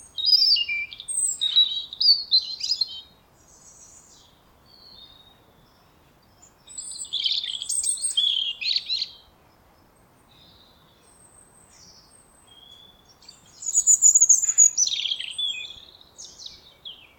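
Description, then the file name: European robin song: three separate high, thin, tumbling phrases of varied twitters and trills, each about two to three seconds long, with quiet pauses between them. "Erithacus rubecula"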